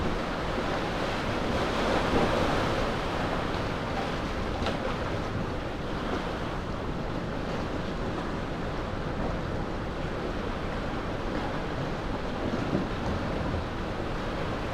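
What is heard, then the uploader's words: Surf churns steadily at the mouth of a sea cave, a dense low roar with a brief swell near two seconds and wind rushing. At the mouth of a sea cave. On Portland Bill. Dorset. Now, sitting alone, with the mics, hardly breathing, still as a statue.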